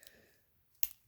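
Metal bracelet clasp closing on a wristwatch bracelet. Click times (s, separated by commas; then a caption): 0.8 s. The metal bracelet clasp of an Omega Seamaster Professional Diver 300M Co-Axial Master Chronometer 42 mm wristwatch (reference 210.30.42.20.03.001) is closed by hand. A faint tick sounds near 0.1 s, then a sharp, bright click at 0.8 s as the clasp snaps shut and seats. Quiet follows.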